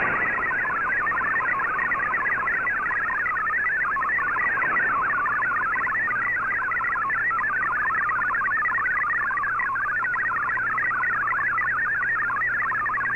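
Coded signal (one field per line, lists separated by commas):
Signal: multi-tone FSK (Olivia or MFSK type)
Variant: MFSK32 or MFSK64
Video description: Here is my decode of the Shortwave Radiogram broadcast today on 15770Khz shortwave radio at 1300UTC in MFSK32 and 64 and with 10 SSTV images.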